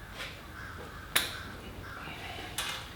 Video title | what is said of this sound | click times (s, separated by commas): MY CUSTOM 1992 LOW RIDER SPORT EDITION (FXRS-SP) | but not too tight make sure you hear the click | 1.2 s